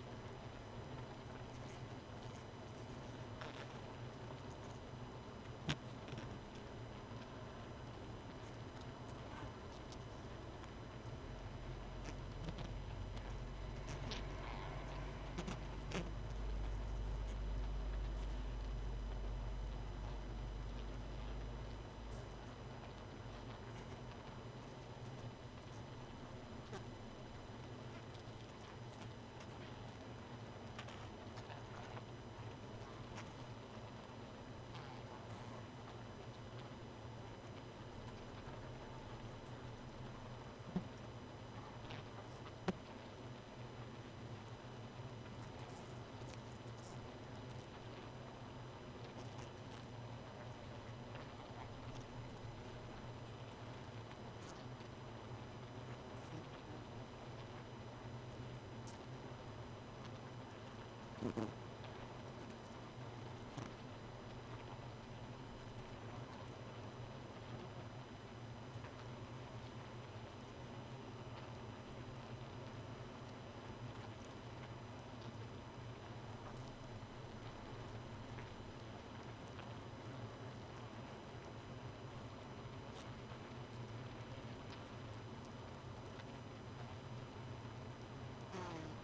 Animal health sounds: honeybee colony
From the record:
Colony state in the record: missing queen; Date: 31 May 2018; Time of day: 1:03

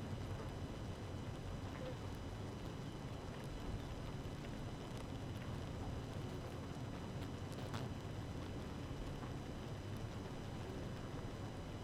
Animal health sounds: honeybee colony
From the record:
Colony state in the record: active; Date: 12 June 2018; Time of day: 6:44

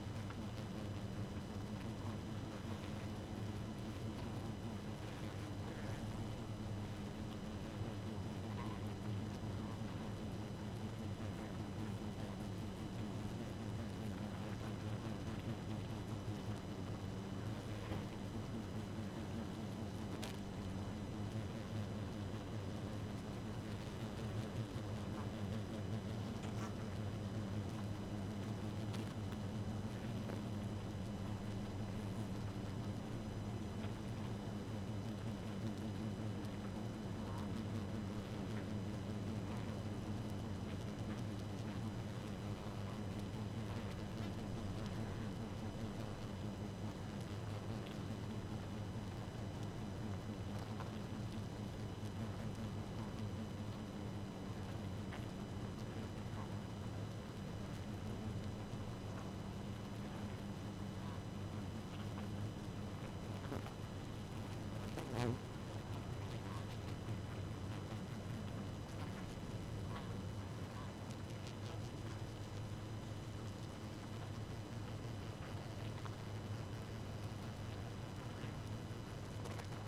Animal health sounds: honeybee colony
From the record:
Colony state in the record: active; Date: 12 June 2018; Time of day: 0:55

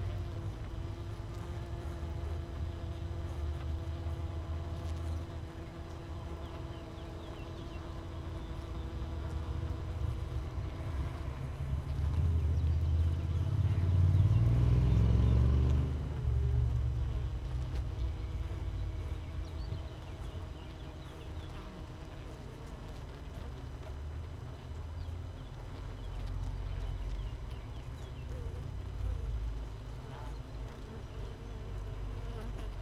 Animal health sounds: honeybee colony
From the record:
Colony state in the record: missing queen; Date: 31 May 2018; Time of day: 6:23

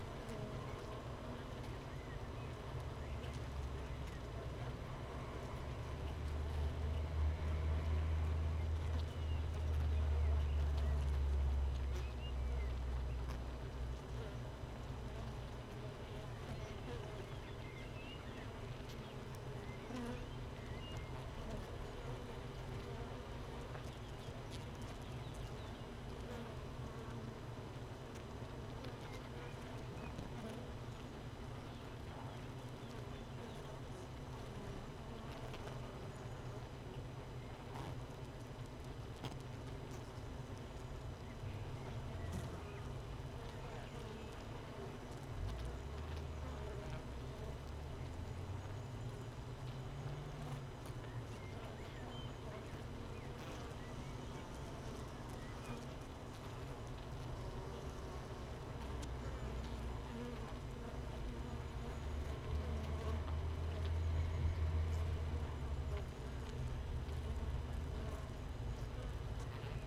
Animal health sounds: honeybee colony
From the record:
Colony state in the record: missing queen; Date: 31 May 2018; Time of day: 15:40

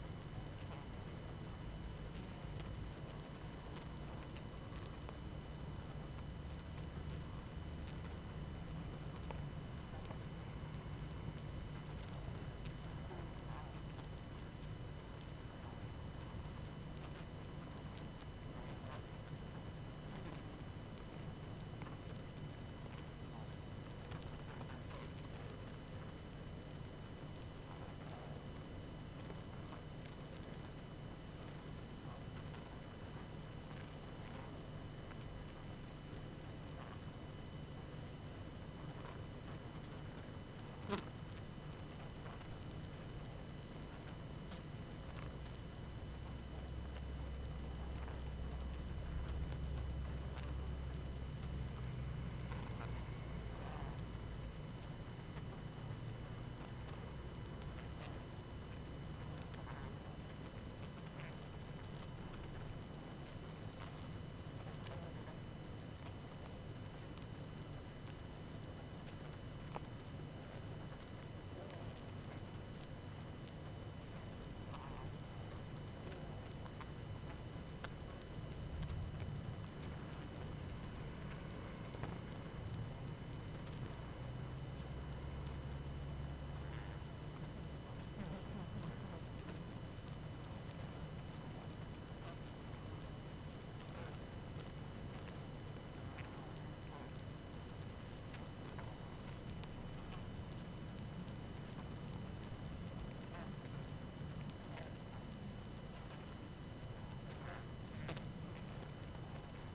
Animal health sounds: honeybee colony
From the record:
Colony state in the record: active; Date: 12 June 2018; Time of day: 20:08

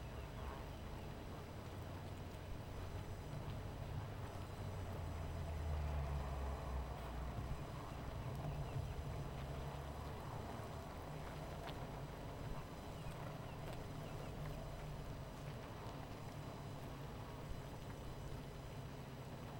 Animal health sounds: honeybee colony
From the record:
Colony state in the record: missing queen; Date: 14 July 2017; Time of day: 18:33

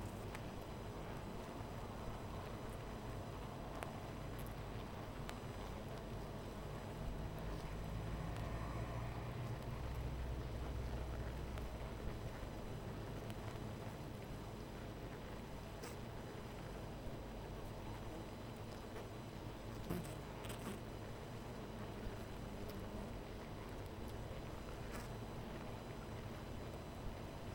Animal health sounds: honeybee colony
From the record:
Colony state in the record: missing queen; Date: 14 July 2017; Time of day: 13:09

